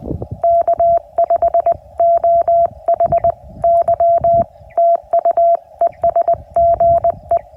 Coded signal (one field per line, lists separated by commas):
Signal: Morse code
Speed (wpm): 20 wpm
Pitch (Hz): 680 Hz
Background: radio noise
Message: K5OHY TU ES GE